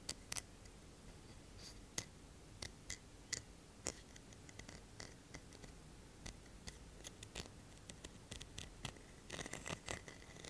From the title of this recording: Tapping and Scratching unusually items